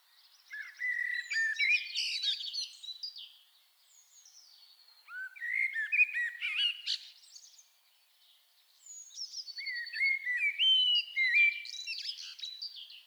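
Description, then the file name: Common blackbird song: three mellow warbling phrases roughly four seconds apart, each closing in shrill twittered notes. "Turdus merula"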